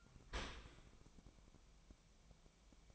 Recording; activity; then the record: daily activity, microphone in the room; open dishwasher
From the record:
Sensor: 1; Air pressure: 1003.1 hPa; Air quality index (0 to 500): 196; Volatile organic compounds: 6 ppm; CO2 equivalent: 1875 ppm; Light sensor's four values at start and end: 28/69/29/35 and 28/69/29/35